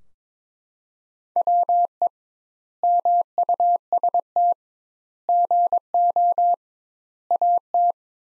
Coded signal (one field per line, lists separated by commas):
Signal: Morse code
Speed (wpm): 22 wpm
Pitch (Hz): 700 Hz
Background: none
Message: WE MUST GO AT